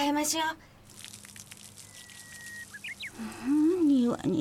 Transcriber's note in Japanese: 水をジャーッと庭にコボす音